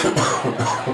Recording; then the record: coughing mixed with background sound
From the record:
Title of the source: Cough Around the Clock!